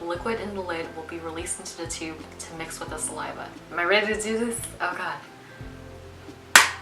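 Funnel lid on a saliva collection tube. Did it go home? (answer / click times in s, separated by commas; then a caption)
yes / 6.6 s. The plastic funnel lid of a DNA saliva collection tube is pushed firmly shut while someone talks over background music. A loud click at 6.6 s marks the lid snapping closed, which releases the stabilising liquid into the tube to mix with the saliva.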